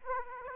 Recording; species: mosquito wingbeat signal from an infrared sensor; Aedes aegypti